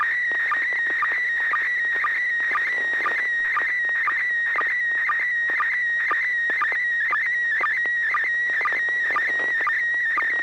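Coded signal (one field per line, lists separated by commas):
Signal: SSTV (slow-scan television)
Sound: warbling high tone near 1.9 kHz, with short low chirps about twice a second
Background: radio static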